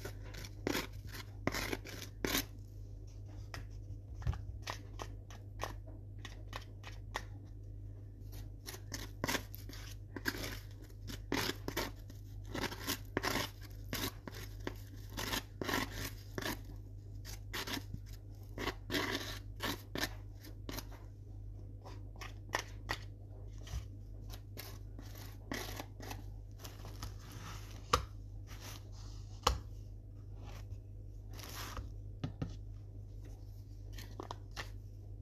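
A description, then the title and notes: Crunchy sandwiches being made and eaten, with a steady low hum underneath throughout. Sharp crackling and crunching clicks come in irregular clusters, thickest between about 9 and 21 seconds, with sparser snaps and scrapes before and after. Making crunchy sandwiches and eating them.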